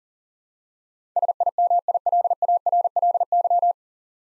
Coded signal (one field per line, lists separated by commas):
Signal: Morse code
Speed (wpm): 40 wpm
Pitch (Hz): 700 Hz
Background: none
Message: SIMILARLY